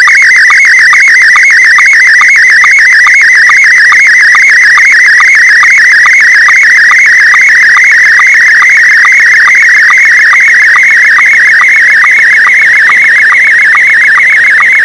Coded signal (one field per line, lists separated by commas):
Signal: SSTV (slow-scan television)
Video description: SSTV image decoded with MMSSTV (no VAC required).